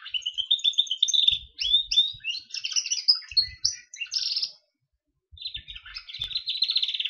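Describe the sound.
Gloster canary singing a continuous warbled stream of sweeping notes and rolling trills, breaking off briefly before resuming with a steady rapid trill; soft low knocks underneath.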